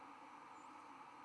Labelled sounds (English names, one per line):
White-throated Sparrow flight call